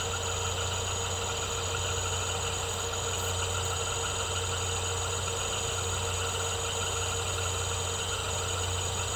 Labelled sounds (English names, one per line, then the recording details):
none
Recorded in secondary vegetation near Puerto Asís, Putumayo, Colombia, on 13 March 2025 at 18:30
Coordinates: 0.468, -76.324
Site G059